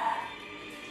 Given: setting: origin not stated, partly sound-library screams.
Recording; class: one-second piece from a danger detection set; woman in danger